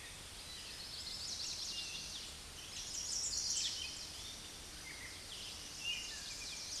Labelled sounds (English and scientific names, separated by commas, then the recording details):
Chestnut-sided Warbler (Setophaga pensylvanica) song
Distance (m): 10 m
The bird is about 5 m below the microphone
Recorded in a Pennsylvania forest on 16 May 2024 at 07:32
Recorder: AudioMoth, point MSD-1360
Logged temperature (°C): 14.8 °C
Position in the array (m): 163 m, 215 m